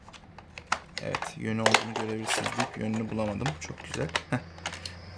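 Plastic tabs of the underside cover on a Xiaomi Robot Vacuum X20+ are lined up and pressed into the vacuum's base. Sharp clicks at 0.7 s and 1.0 s mark the tabs seating, while someone talks throughout. The cover is snapped into place.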